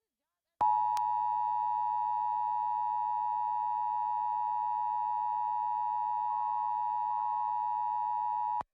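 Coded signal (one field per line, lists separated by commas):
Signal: Emergency Alert System (SAME) tones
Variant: 853 and 960 Hz attention tone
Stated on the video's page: Required Monthly Test captured on several TV channels.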